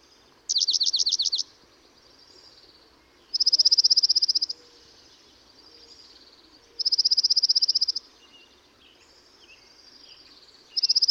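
Dark-eyed junco trills again and again: a slower swooping trill, then fast, level trills roughly every three seconds, each about a second long.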